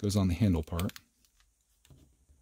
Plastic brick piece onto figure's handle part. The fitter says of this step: And that just kind of rests in there. That doesn't click at all from what I can see.